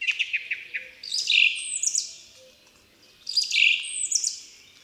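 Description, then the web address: Song thrush song: a run of short high chirps, then two similar bright phrases of high chirps and whistled slurs, the second echoing the first after a short pause. "Przyroda Ptaki Spiewak"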